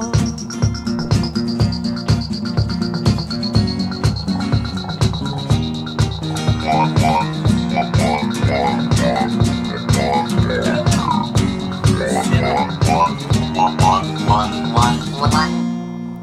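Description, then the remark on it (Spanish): A toad croaks in a steady, rhythmic series of pulses, with higher chirping calls layered over it and a thin sustained tone drifting above, all loud and continuous with no talking. “Tremendo ese sapo al final.”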